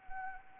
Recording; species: mosquito wingbeat signal from an infrared sensor; Anopheles arabiensis